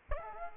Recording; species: mosquito wingbeat signal from an infrared sensor; Aedes aegypti